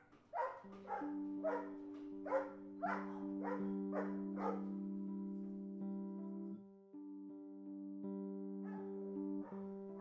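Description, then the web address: Dog barks in a quick series over a steady low droning tone, then falls quiet apart from a few late barks. Recorded inside a dog boarding house. "sound dog-boarding-house. صدای-فضای-داخلی-پانسیون-سگها"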